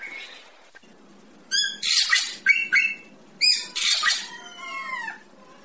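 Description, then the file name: Racket-tailed drongo song: two groups of nasal, buzzy notes with rasping bursts, ending in a run of descending whistled slurs. "tieng cheo beo duoi co"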